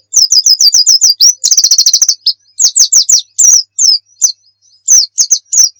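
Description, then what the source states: White-eye song: a quick run of high slurred notes, a buzzy trill, then spaced sweeping whistles. Muria white-eye; recording used for training (masteran) songbirds.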